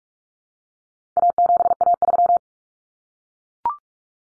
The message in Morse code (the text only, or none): A7A3